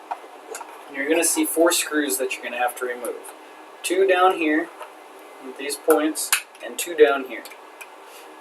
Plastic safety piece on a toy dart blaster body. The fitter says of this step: This gun won't fire unless this is snapped into place. You can pull this off,